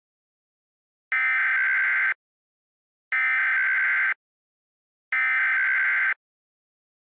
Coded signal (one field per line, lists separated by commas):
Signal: Emergency Alert System (SAME) tones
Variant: header bursts